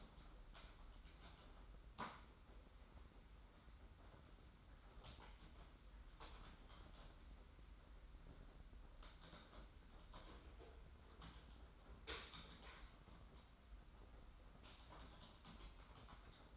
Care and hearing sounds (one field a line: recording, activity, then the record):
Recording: daily activity, microphone in the room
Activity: typing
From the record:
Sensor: 3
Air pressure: 991.7 hPa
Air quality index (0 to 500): 187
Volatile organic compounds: 1000 ppm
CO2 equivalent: 6277 ppm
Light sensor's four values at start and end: 33/96/39/33 and 33/96/39/33